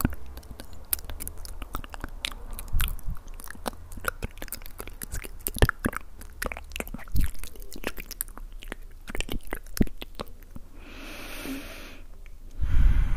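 Mouth sounds: a dense, irregular run of sharp wet clicks and crunchy snaps, like chewing and biting, packed closely from start to about ten seconds. After that the clicks stop and a soft hiss takes over, ending with a low thump.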